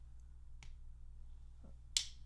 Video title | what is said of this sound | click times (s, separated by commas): A Review Of The Spyderco Spyopera...More Than Meets The Eye. | you can kind of hear it click | 2.0 s